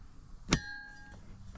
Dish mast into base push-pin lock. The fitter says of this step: just like that so you'll hear it click into place